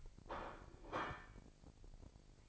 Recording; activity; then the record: daily activity, microphone in the room; place plate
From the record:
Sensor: 5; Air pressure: 1007.5 hPa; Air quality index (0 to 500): 88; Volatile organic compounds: 1 ppm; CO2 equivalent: 692 ppm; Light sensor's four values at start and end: 30/70/28/28 and 30/70/28/28